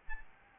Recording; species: mosquito wingbeat signal from an infrared sensor; Aedes albopictus